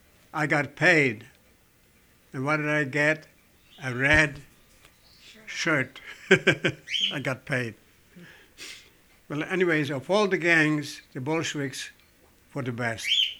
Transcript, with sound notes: I got paid, and what did I get? A red shirt. ( he laughs ) I got paid. Well, anyways, of all the gangs, the Bolsheviks were the best,